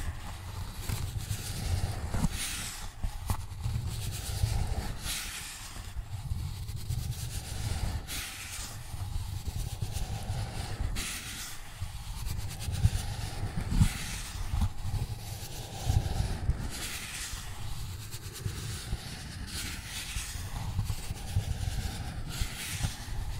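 Cardboard is scratched and scraped in a long run of rough strokes, each one a bright, hissing rasp that comes every two or three seconds. Underneath, a dense, low rumbling texture continues without a break, keeping the loudness fairly even throughout.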